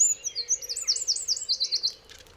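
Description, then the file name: Eurasian wren song fragment, a quick series of high, falling chirped notes, ending abruptly, over a low steady hum. "Troglodytes troglodytes"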